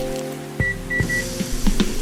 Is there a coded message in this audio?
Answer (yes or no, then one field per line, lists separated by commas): no